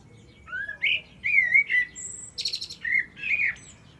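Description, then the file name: Common blackbird song: a fluty, warbling phrase of gliding whistles with a high, buzzy twitter in the middle. "Turdus merula"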